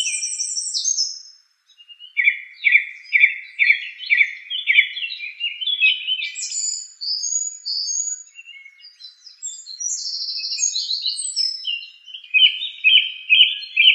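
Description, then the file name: Song thrush singing, a short note repeated about six times, followed by varied high whistles and trills and a closing repeated phrase. "suara-kicauan-burung-song-thrush 7-omkicau"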